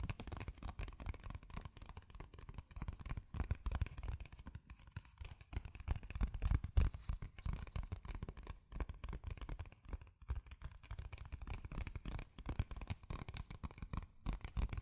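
Quick tapping and scratching on cardboard and paper runs through the whole stretch, a dense patter of short dry hits with rubbing strokes between them. The sound stays mostly low and papery, with brief pauses near the fifth, tenth and fourteenth seconds.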